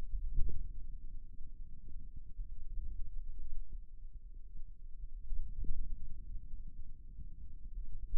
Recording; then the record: forearm muscle sounds (acoustic myography)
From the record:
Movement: hand closing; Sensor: system 2, bracelet of six BSWA MPA416 microphones around the upper forearm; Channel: 3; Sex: male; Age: 22 years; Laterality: right